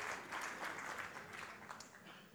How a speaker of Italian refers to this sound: Dall'effetto tiepido dei vostri applausi presumo che ci sono molti pianisti in sala che rimangono, come dire, annichiliti e non riescono neanche a esprimersi.